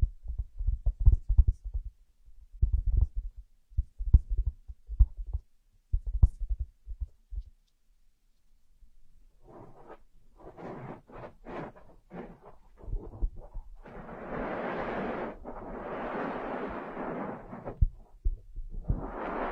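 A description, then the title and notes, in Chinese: Ear massage, heard as a series of low, muffled thumps and rubs during the first seven seconds, then a brief pause. After about nine seconds come brighter rustling strokes and scratchy rubbing, building into longer, denser friction sweeps near fifteen and seventeen seconds. 按摩耳朵，一些让人放松的声音。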